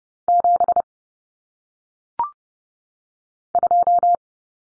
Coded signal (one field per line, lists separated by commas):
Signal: Morse code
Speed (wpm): 30 wpm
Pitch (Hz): 700 Hz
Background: none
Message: 7 2